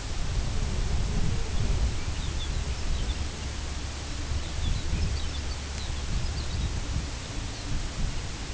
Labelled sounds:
Lapland Longspur
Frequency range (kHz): Lapland Longspur 2.1-6.0 kHz
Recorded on Arctic tundra, site UTQI-2, on 10 June 2019
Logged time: 16:00

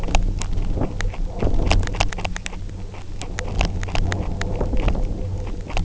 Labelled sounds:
none
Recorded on Arctic tundra, site UTQI-0, on 29 June 2018
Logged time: 08:00

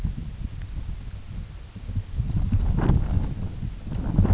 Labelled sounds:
none
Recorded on Arctic tundra, site UTQI-8, on 16 June 2019
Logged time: 20:00

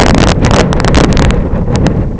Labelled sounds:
none
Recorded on Arctic tundra, site IGLO-F, on 26 June 2018
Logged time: 08:00

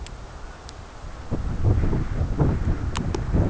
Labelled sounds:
none
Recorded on Arctic tundra, site CORI-1, on 11 June 2018
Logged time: 02:00

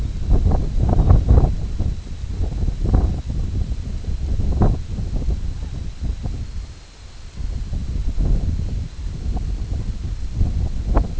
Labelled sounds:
none
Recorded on Arctic tundra, site IGLO-D, on 24 June 2018
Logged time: 10:00

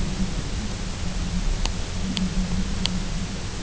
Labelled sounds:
none
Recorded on Arctic tundra, site UTQI-0, on 22 June 2018
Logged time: 18:00

